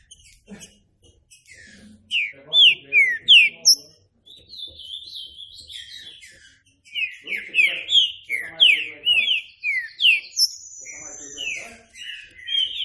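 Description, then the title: Green-winged saltator giving two bursts of clear falling whistles separated by quieter whistling, with a thin high whistle near the end. Classic song style, training recording. "Canto Clássico Trinca Ferro TREINAMENTO"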